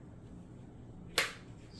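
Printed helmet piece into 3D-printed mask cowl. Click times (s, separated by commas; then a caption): 1.2 s. A 3D-printed PLA plastic piece of a cosplay helmet is pressed into a 3D-printed mask cowl. After a quiet stretch it gives one sharp, bright snap at 1.2 seconds. The piece seats firmly in place.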